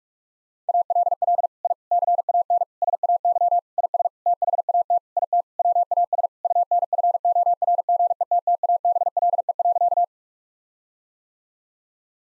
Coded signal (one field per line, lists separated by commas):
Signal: Morse code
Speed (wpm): 46 wpm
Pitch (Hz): 700 Hz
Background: none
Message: ALL I CAN SAY IS THAT IT WAS UNFORGETTABLE.